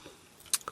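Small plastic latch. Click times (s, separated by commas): 0.5 s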